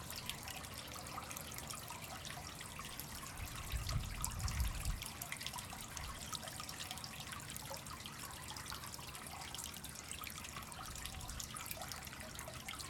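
Shallow water flows steadily across a reflection pool, a dense, even trickle and splash with bright fizzing detail throughout. A low rumble swells briefly around four to five seconds, then the flow settles back to its constant wash.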